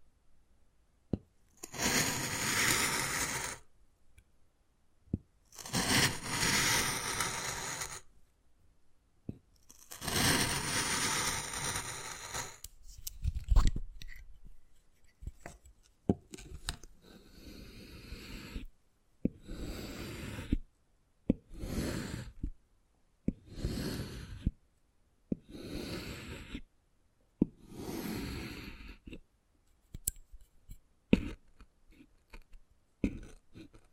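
Wood carving, with long rough scraping strokes of a couple of seconds each in the first half, separated by silences. Later the strokes shorten into quick scratches and sharp taps, arriving every second or so, with brief cracks and crunches between them.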